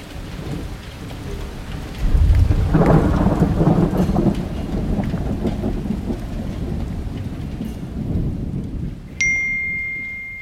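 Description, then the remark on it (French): Heavy rain from a huge thunderstorm on 9 May pours in a steady dense hiss while a deep roll of thunder swells early on and slowly rumbles away; a short high ding sounds near the end. “Ce que vous entendez, là, c'est l'énorme orage qui a éclaté le 9 mai et qui s'est terminé par une pluie interminable et sauvage.”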